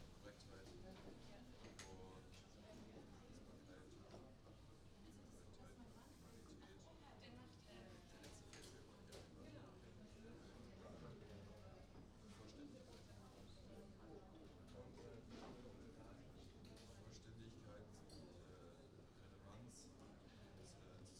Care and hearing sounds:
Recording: everyday scene through a hearing-aid microphone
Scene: many people talking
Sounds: many voices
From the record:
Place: university cafeteria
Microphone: in the ear canal, right

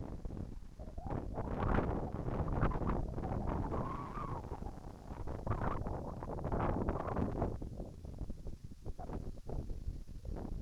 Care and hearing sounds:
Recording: everyday scene through a hearing-aid microphone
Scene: wind on the microphone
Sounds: wind, whistling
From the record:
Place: in front of a rural house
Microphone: behind the ear, right, rear

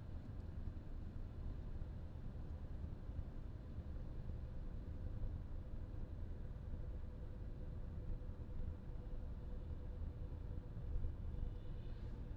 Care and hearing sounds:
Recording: everyday scene through a hearing-aid microphone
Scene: in a vehicle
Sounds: engine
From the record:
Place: VW T5 Caravelle, diesel engine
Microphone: in the ear canal, left

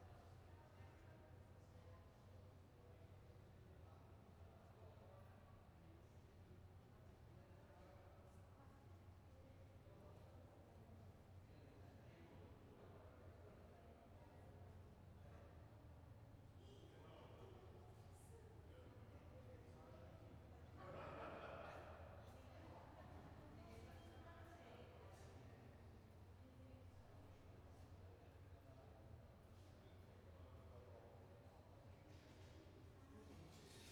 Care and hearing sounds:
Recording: everyday scene through a hearing-aid microphone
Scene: reverberant space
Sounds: background noise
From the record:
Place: railway station hall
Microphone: behind the ear, right, rear

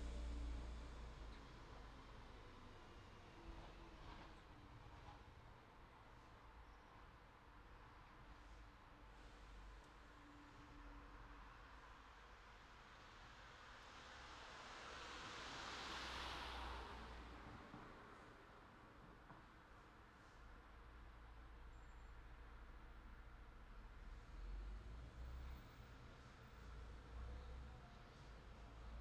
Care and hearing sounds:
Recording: everyday scene through a hearing-aid microphone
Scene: in traffic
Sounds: traffic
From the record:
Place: city secondary road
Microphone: in the ear canal, left

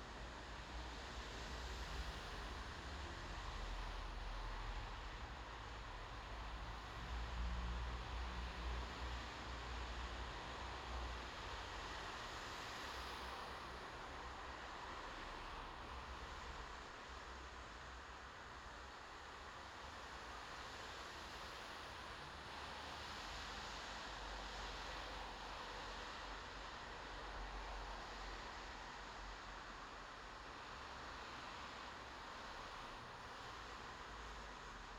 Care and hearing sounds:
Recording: everyday scene through a hearing-aid microphone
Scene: in traffic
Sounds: traffic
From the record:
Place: bus stop on a city main road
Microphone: in the ear canal, left

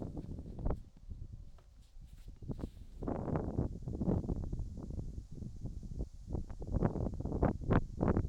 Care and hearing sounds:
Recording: everyday scene through a hearing-aid microphone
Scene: wind on the microphone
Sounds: wind, whistling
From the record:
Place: in front of a rural house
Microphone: in the ear canal, right

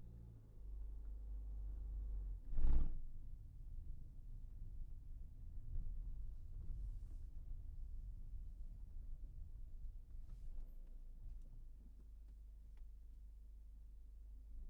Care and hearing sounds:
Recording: everyday scene through a hearing-aid microphone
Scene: in a vehicle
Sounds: engine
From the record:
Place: Berlingo II, diesel engine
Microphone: behind the ear, right, front

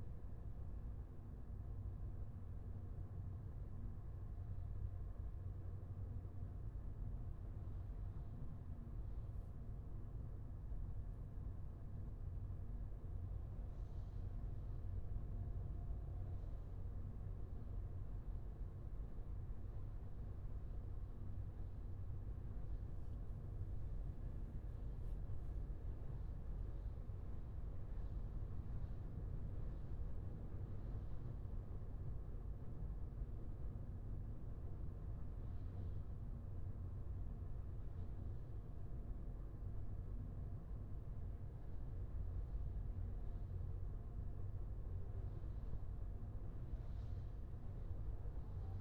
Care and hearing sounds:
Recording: everyday scene through a hearing-aid microphone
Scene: in a vehicle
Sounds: engine, highway driving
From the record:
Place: Skoda Fabia, gasoline engine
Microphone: behind the ear, left, rear

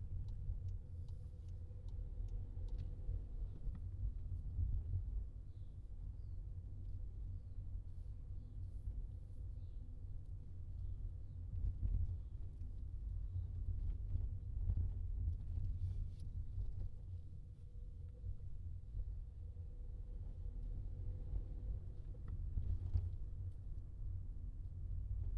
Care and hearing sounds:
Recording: everyday scene through a hearing-aid microphone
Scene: in a vehicle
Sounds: engine, highway traffic jam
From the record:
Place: Skoda Fabia, gasoline engine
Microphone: in the ear canal, left

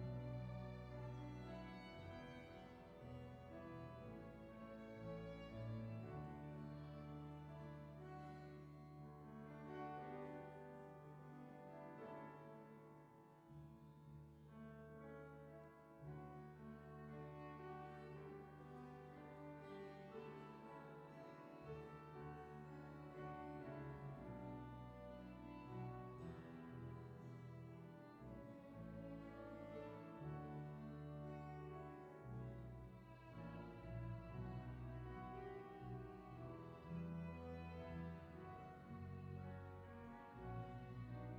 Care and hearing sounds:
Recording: everyday scene through a hearing-aid microphone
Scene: reverberant space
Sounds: music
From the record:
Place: church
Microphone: behind the ear, left, rear

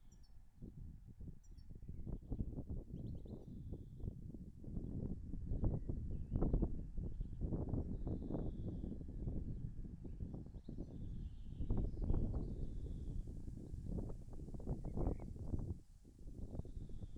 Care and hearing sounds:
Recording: everyday scene through a hearing-aid microphone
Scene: wind on the microphone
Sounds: wind, birds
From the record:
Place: in front of a rural house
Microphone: behind the ear, left, front

